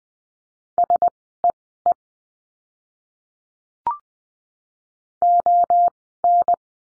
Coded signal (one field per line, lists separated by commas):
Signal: Morse code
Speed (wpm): 20 wpm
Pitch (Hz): 700 Hz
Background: none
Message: SEE ON